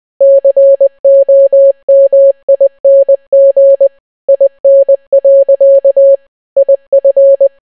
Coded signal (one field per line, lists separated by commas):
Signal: Morse code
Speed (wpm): 20 wpm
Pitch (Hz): 550 Hz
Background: none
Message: COMING IN. IF